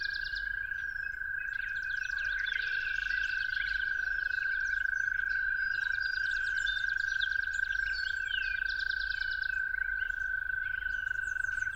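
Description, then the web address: Toad's loud, even trill continues throughout, joined by buzzy and twittering songbirds calling in overlapping phrases. At dawn. "musicofnature Toads at Dawn"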